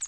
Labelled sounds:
Northern Parula flight call

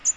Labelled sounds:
American Redstart flight call

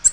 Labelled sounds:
Nashville Warbler flight call

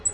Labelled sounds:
Black-throated Green Warbler flight call

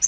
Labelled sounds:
Yellow-rumped Warbler flight call

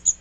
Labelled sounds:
Magnolia Warbler flight call

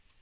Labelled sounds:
Black-throated Green Warbler flight call

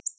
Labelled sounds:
Ovenbird flight call

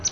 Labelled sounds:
Palm Warbler flight call

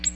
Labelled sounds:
Ovenbird flight call

